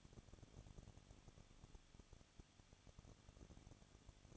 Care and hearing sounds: daily activity, microphone in the room; no activity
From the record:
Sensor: 4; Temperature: 23.1 degrees Celsius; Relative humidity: 34.1%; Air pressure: 1007.2 hPa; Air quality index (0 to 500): 216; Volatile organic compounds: 15 ppm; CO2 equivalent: 2498 ppm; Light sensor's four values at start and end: 2/3/1/1 and 2/3/1/1

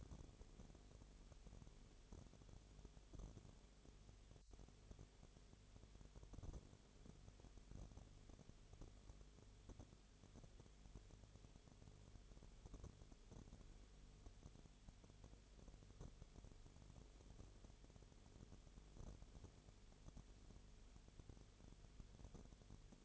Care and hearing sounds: daily activity, microphone in the room; no activity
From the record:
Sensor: 4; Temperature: 22.0 degrees Celsius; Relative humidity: 29.6%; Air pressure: 1002.1 hPa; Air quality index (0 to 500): 60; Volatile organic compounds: 1 ppm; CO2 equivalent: 610 ppm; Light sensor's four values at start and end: 2/3/1/1 and 2/3/1/1

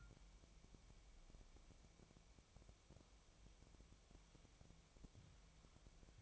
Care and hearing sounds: daily activity, microphone in the room; wipe stove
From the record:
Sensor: 1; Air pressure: 1001.6 hPa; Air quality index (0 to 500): 219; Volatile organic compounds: 28 ppm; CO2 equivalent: 2912 ppm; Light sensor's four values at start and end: 7/29/10/11 and 7/29/10/11

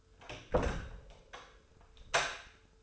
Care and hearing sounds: daily activity, microphone in the room; close door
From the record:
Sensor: 2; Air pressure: 1015.0 hPa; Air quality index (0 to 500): 164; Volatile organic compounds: 8 ppm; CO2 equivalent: 2123 ppm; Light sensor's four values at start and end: 12/32/12/14 and 12/33/13/14

